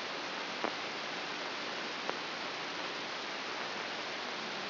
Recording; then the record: brain microelectrode recording played as sound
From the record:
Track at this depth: inside the subthalamic nucleus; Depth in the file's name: 3.029 mm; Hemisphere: left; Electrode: 3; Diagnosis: Parkinson's disease